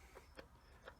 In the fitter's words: it locks into place like that and then when you turn the lead screw it does power cross feed